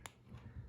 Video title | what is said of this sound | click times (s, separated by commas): V1-class auto instructions | Hear that click? | 0.1 s